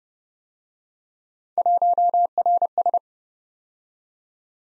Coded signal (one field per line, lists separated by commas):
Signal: Morse code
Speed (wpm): 34 wpm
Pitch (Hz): 700 Hz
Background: none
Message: 1RS